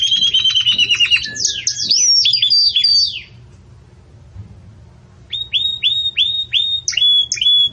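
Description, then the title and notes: Belgian canary song: fast rolling trills and sliding whistles, a pause of about two seconds, then repeated upward-curving whistled notes at a steady quick pace. Belgian canary song, described as a bell-like song used for teaching young chicks. "Canto Do Canário Belga Campainha Para Encarte De Filhotes. CANARIO"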